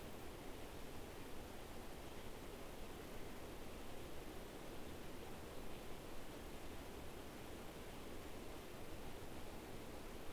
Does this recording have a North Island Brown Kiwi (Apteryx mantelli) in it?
no